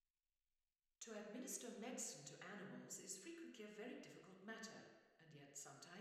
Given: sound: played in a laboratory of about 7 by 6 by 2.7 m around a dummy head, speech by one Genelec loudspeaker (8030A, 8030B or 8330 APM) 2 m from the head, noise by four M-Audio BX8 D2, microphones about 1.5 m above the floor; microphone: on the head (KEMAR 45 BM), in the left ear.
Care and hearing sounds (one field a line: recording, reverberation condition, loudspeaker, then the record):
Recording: female speech in English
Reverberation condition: high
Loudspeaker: 90 degrees to the left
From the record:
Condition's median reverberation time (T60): about 1300 ms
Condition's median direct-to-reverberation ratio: about -4.0 dB